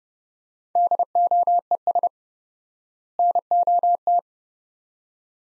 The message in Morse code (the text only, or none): DOES NOT